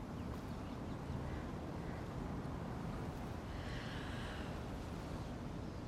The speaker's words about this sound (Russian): Сейчас я слышала, как стая ворон каркает.